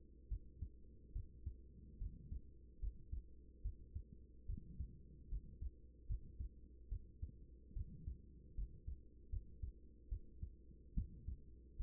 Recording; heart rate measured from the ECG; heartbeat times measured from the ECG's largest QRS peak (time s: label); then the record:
heart sounds by stethoscope; 73 bpm
0.28 s: heartbeat
1.13 s: heartbeat
1.98 s: heartbeat
2.80 s: heartbeat
3.62 s: heartbeat
4.46 s: heartbeat
5.29 s: heartbeat
6.07 s: heartbeat
6.89 s: heartbeat
7.73 s: heartbeat
8.55 s: heartbeat
9.30 s: heartbeat
10.09 s: heartbeat
10.94 s: heartbeat
11.76 s: heartbeat
From the record:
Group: healthy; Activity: rest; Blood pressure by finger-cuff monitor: 131/63 mmHg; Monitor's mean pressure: 85 mmHg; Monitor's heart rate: 73 bpm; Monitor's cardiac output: 7.5 L/min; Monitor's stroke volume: 101 mL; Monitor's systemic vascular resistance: 830 dyn s/cm5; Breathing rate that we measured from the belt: 20 breaths a minute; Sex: female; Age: 24 years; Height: 163 cm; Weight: 55.7 kg